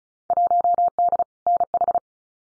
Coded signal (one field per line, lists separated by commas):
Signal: Morse code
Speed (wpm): 36 wpm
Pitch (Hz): 700 Hz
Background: none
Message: 1D NH